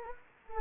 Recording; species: mosquito wingbeat signal from an infrared sensor; Anopheles gambiae